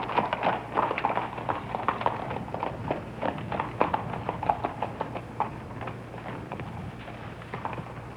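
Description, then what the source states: Horse galloping: fast, uneven clatter of hooves striking a hard surface, steady throughout with a low background rumble. Horse galloping on cobblestone.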